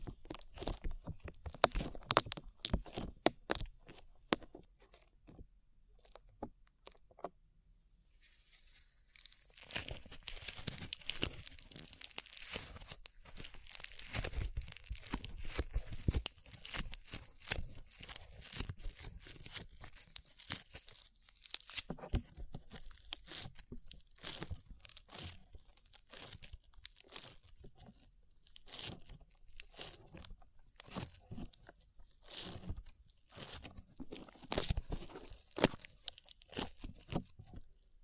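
Slime being squished and pressed, giving a steady run of sharp crackles, pops and crunchy clicks. The sounds are dense and irregular, thin out briefly around eight seconds, then return brighter and busier with fizzing crinkles for the rest.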